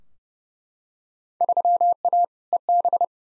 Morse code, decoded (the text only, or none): 3A EB